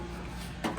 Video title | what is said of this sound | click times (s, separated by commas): 2021 Wildwood 273QBXL Stock# 12766 | And press it in, locks into place. | 0.6 s